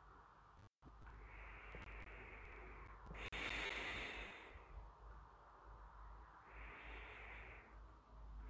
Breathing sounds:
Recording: nose breathing near a microphone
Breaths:
0.94-3.00 s: inhalation
3.00-4.84 s: exhalation
6.23-7.63 s: inhalation
8.28-8.50 s: inhalation
From the record:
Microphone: phone

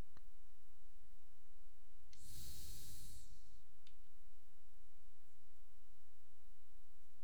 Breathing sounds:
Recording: nose breathing near a microphone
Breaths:
2.00-3.95 s: exhalation
From the record:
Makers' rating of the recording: medium

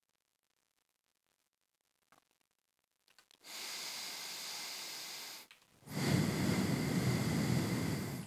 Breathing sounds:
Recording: nose breathing near a microphone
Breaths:
3.05-5.50 s: inhalation
5.50-8.20 s: exhalation
From the record:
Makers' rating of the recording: medium

